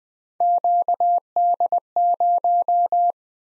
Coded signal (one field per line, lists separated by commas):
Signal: Morse code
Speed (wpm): 20 wpm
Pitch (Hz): 700 Hz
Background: none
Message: QD0